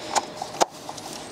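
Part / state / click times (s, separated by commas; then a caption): oil filter element into oil filter housing cap / not seated / none. A new paper oil filter element for a BMW 1 Series (E81, E82, E87, E88) is handled against its plastic oil filter housing cap, producing a few short, light knocks and rubs, the strongest near 0.2 s and 0.6 s, with smaller ones around 0.4 s and 1.0 s. Nothing has seated or clicked into place yet.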